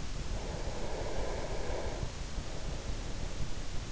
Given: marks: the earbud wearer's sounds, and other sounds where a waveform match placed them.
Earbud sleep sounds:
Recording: sounds in sleep by an in-ear microphone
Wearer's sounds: breath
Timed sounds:
0.29-3.21 s: breath

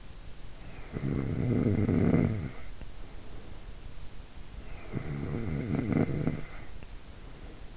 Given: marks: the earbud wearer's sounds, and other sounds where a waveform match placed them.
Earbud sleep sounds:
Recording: sounds in sleep by an in-ear microphone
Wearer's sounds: snoring breath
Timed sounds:
0.74-3.66 s: snoring breath
4.57-7.77 s: snoring breath

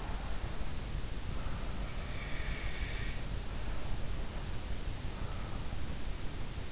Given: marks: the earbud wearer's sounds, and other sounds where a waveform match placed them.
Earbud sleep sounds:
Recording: sounds in sleep by an in-ear microphone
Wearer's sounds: breath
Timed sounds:
0.00-3.17 s: breath

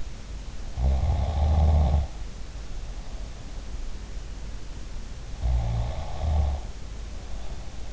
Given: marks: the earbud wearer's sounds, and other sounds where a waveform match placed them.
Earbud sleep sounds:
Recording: sounds in sleep by an in-ear microphone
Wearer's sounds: snoring breath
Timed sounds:
0.80-2.32 s: snoring breath
5.35-7.93 s: snoring breath

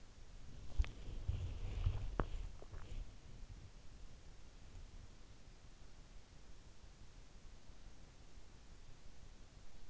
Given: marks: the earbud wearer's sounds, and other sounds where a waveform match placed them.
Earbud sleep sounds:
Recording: sounds in sleep by an in-ear microphone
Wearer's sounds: body movement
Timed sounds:
0.00-3.99 s: body movement

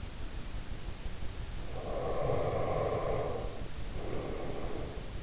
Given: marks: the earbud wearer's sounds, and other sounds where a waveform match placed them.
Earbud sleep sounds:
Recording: sounds in sleep by an in-ear microphone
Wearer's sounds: breath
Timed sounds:
1.55-5.18 s: breath

